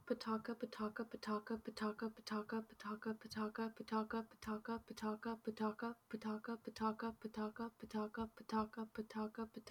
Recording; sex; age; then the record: repeated syllables /pa ta ka/; female; 20 to 29 years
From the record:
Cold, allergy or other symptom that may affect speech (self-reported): no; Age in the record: 21 years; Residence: Washington, United States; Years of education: 14